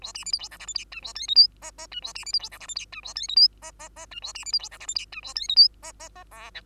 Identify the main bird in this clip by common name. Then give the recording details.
Bengalese Finch. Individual Bird2